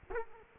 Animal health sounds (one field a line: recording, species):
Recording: mosquito wingbeat signal from an infrared sensor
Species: Culex quinquefasciatus